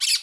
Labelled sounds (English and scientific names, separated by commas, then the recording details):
Brown-throated Parakeet (Eupsittula pertinax) contact call
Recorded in Curacao
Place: Hoffi Jan Thiel
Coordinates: 12.094, -68.877